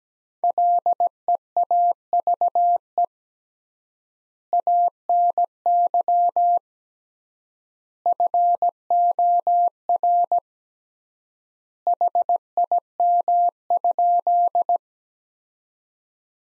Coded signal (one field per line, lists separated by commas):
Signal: Morse code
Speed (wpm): 17 wpm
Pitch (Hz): 700 Hz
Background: none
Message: LEAVE ANY FOR HIM?